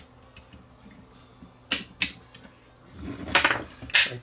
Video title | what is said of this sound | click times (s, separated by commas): Can I repair that Betamax Cassette Elevator? | Okay, that snapped in place. | 3.4 s